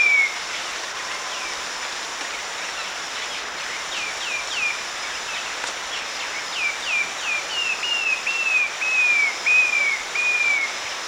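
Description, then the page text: Short-tailed babbler calls: faint short whistles at first, then a run of clearer, lengthening downslurred whistles toward the end, over a steady high hiss. Recorded at Danum, Borneo, on 1 March 2008. "Short-tailed Babbler at Danum by EDWARDS, David"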